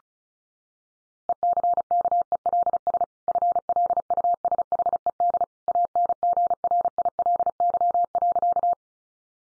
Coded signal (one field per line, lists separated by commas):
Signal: Morse code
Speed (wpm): 34 wpm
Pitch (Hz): 700 Hz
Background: none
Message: ECKELS FLUSHED ANGRILY.